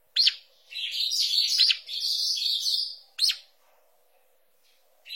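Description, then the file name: Saltator song: a sharp opening note, then two rich, warbled whistled phrases of about a second each, another brief sharp note, then silence until another note begins at the very end. "canto do bico duro"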